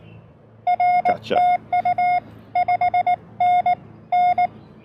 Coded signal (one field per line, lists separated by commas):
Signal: Morse code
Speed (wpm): 19 wpm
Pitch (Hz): 720 Hz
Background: none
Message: R TU 5NN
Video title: Battle of the Bands: QRP POTA with Friends at Scioto Trail State Park!